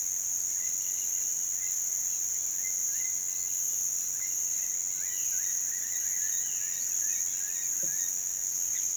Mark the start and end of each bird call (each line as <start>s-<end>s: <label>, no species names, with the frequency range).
4.68s-8.27s: bird call (1.1-3.9 kHz)